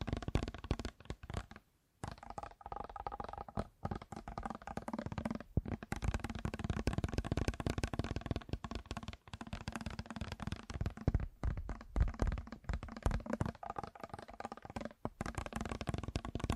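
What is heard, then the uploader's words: Fast tapping goes on almost without pause, a dense, rapid patter of sharp little clicks. The rhythm is busy and slightly uneven, with brief gaps near two, six, eleven and fifteen seconds before it resumes. ASMR 1 Hour Fast Tapping for Sleep (No Talking).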